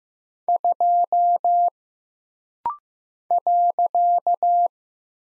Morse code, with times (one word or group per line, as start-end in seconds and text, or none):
0.5-1.7 2
3.3-4.7 .